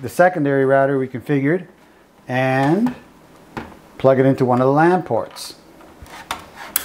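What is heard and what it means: Someone talks, then plugs the other end of an Ethernet patch cable into a LAN port on a secondary router. A few small handling taps come just before a sharp click at 6.8 s as the plug seats in the port.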